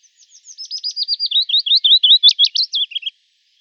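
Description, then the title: Willow warbler song: one phrase of many whistled notes that starts quietly, swells, and drifts lower over about three seconds before stopping. "Sylvain Jaskowiak - Mes piafs. Pouillot fitis"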